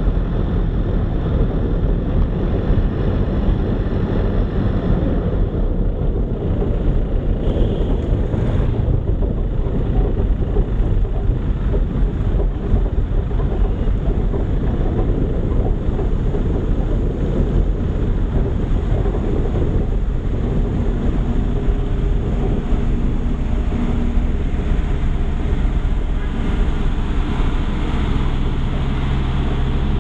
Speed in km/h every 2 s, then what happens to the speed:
26, 27, 25, 23, 19, 17, 18, 18, 16, 15, 15, 14, 11, 8, 4.
0-10 slows to 17. 10-22 steady at about 16. 22-30 slows to 4.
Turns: none.